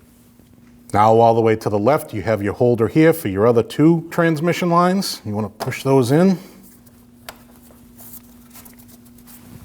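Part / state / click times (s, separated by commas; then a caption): transmission cooler lines into plastic holder on fan shroud / seated / 7.3 s. Someone talks, then two transmission cooler lines on a 2003-2008 Subaru Forester 2.5L H4 are pushed into their plastic holder on the fan housing (fan shroud) over a steady low hum. A sharp snap at 7.3 s marks the lines seating in the holder, followed by a few faint ticks.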